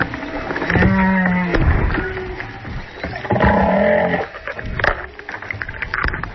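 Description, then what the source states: Humpback whale song: low moaning tones with rich harmonics in drawn-out phrases with pauses, with watery splashing and rumble underneath. Humpback whale songs from Maui, recorded through the whalesong.net hydrophone dangling in the sea, with splashing water audible; played back during a radio interview.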